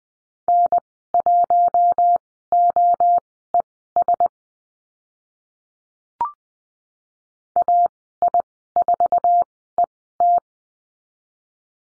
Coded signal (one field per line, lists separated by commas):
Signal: Morse code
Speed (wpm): 20 wpm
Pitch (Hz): 700 Hz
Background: none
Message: N1OES AI4ET